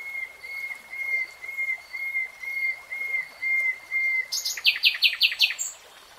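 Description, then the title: Nightingale song: a long row of pure, level whistled notes repeated about every half second, then a burst of rapid rattling strokes. Nightingale singing in real time. "[Tiếng chim hót] 3 Hours REALTIME Nightingale Singing"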